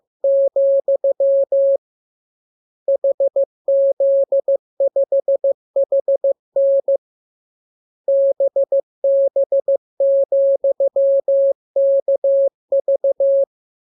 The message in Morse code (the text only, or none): , HZ5HN BB,KV